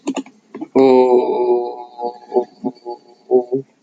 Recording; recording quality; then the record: sustained vowel as in boot; excellent, no background noise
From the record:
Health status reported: exposed to COVID-19, no respiratory illness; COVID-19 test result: not tested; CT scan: not taken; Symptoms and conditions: cough, sore throat, fever, muscle pain, asthma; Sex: male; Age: 26 years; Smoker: no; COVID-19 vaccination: one dose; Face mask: not worn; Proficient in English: yes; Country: India